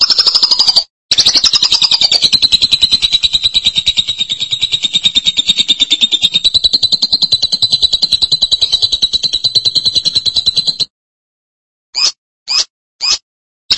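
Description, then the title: Lovebird producing a sustained rapid buzzing trill, briefly broken near its start, for about ten seconds, followed by silence and a few short sharp chirps. "BM Suara Burung Lovebird"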